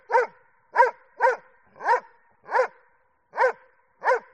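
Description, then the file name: Doberman barking: seven short barks at uneven intervals of about half a second to one second, with silence between them. "audio hero Dog Doberman"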